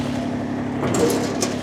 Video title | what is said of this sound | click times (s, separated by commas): John Deere Front Mount PTO Snowblower | there I heard the snap | 1.4 s